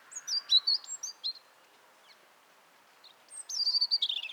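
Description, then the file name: European robin giving a quick jumble of high squeaky notes, a pause, then a descending liquid trilled phrase. "Erithacus rubecula"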